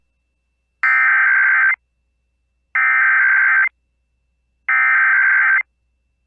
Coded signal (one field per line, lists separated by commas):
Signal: Emergency Alert System (SAME) tones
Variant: header bursts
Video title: EAS 3x Iowa Required Monthly Test NWS Sioux Falls/Des Moines Required Weekly Test NOAA Weather Radio